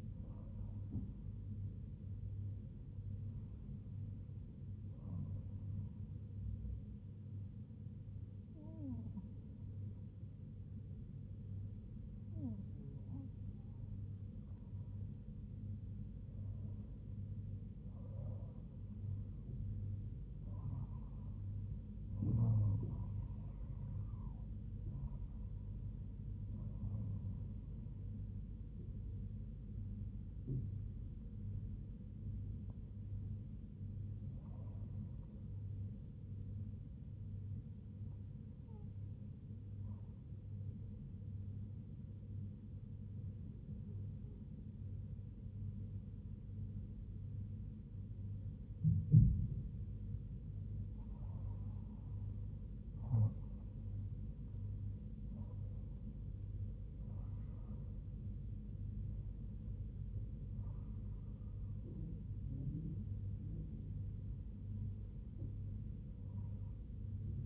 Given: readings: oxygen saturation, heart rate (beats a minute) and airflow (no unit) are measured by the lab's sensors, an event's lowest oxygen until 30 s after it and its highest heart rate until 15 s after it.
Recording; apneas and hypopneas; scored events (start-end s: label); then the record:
breathing in sleep by a smartphone at the bedside; 2
9.00-22.80 s: hypopnea (N1, oxygen 98% highest, then 98% lowest, heart rate 71 at the start, 83 highest)
41.00-55.00 s: hypopnea (N1, oxygen 98% highest, then 96% lowest, heart rate 74 at the start, 82 highest)
From the record:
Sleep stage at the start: N1 (lightest sleep); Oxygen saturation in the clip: 96 to 98%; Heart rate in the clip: 69 to 83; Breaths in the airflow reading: 14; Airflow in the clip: -4.1 to 4.6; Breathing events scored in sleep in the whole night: 158 in 7.3 hours asleep